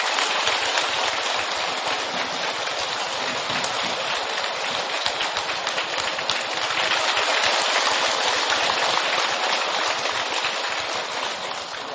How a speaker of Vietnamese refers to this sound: Xin chào tràng pháo tay thật lớn.